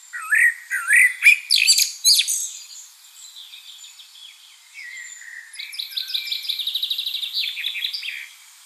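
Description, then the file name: Common blackbird song: rich low fluted notes rising and falling, a squeaky twitter, then a long soft series of high chattering notes. "Turdus merula"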